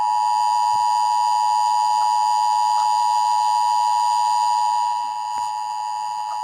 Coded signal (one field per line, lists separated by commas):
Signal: Emergency Alert System (SAME) tones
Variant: 853 and 960 Hz attention tone